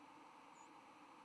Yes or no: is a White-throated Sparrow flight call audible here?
no